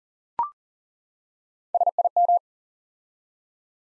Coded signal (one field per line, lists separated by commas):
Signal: Morse code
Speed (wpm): 38 wpm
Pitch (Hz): 700 Hz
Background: none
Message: SIM